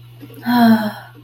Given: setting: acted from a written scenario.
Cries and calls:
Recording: vocal sound without words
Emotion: serenity

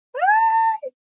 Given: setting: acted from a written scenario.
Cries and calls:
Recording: vocal sound without words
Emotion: fear

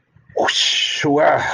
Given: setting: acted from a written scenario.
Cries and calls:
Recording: vocal sound without words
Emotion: relief

